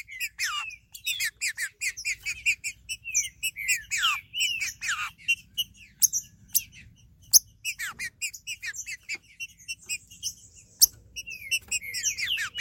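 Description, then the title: Green-winged saltator song: dense, busy chatter of slurred chirps and falling notes, thinning to scattered calls midway, with occasional sharp clicks. "Trinca Ferro"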